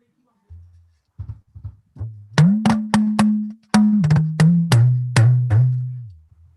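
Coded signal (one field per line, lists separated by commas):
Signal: talking drum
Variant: Yoruba dùndún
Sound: deep resonant drum strokes with rising and falling pitch, like speech melody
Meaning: A drummed greeting welcoming people to Manchester One Culture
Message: welcome to Manchester one culture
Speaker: what did you say with the talking bro yes yeah foreign [Music]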